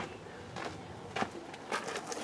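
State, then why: Not seated. A mounting clamp is being fitted and tightened on the interior trim or bracket of a Ford F-150 truck. Short bursts of scraping and handling noise land at about 0.6, 1.2 and 1.7 seconds, with a brief sharp sound near 2.1 seconds. The clamp has not locked into place yet, and nothing has seated or clicked.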